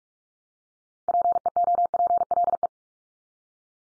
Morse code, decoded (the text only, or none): PEOPLE